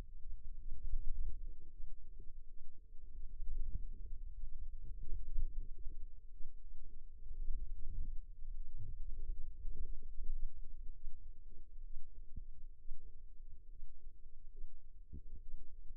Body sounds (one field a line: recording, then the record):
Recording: forearm muscle sounds (acoustic myography)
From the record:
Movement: radial deviation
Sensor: system 2, bracelet of six BSWA MPA416 microphones around the upper forearm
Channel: 5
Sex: female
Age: 22 years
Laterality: right